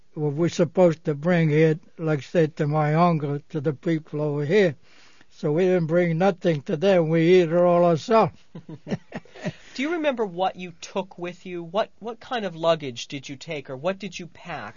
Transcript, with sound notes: what we supposed to bring here like say to my uncle, to the people over here. So we didn't bring nothing to them, we eat it all ourselves. ( they laugh )
Do you remember what you took with you? What kind of luggage did you take or what did you pack?